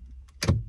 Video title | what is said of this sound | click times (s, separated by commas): Regitros egzamino klausimai. 20 patikrinimo klausimų prieš važiavimą B kategorija. | va trakšt užsirakino ir reiškia viskas jisai yra užsirakinęs | 0.4 s